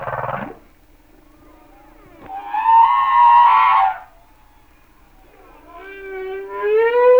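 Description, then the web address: Humpback whale song with varied units: a short low groan, a long wavering harmonic wail, then a slowly rising drawn-out moan. "Whale Songs Sounds of Nature - Humpback Whales"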